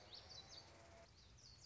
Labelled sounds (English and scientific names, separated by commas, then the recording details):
Common Yellowthroat (Geothlypis trichas)
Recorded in Sonoma County, California